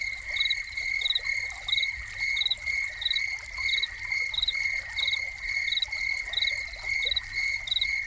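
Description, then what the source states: Steady cricket trilling with regular bright chirps, set against continuous trickling and splashing water from a fountain. Soundscape of crickets recorded together with a fountain.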